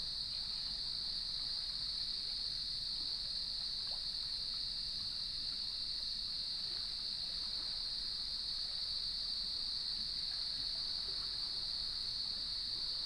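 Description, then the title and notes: Crickets keep up a dense, high, unchanging trill for the whole stretch, backed by a low, steady rushing wash. Evening chorus at sunset on the beach of Lighthouse West Natural Area, Leelanau Peninsula, beside gnarled cedar trees, waves in the background. "Sounds of Leelanau Peninsula: Lighthouse West Natural Area. Nature is my Jam. As I approached the beach, the sun was just setting, and the crickets made themselves known"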